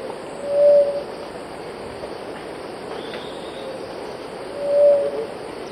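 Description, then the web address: Gray-fronted dove cooing: two short, low hooted notes about four seconds apart over steady background noise. Recorded in the eastern lowlands of South America. "Natures Songs S America Eastern Lowlands. Gray-fronted Dove"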